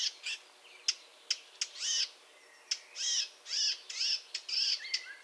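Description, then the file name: Eurasian blackcap uttering sharp clicking ticks and short buzzy chirps in irregular bursts, a faint thin whistle in the background. "Sylvia atricapilla"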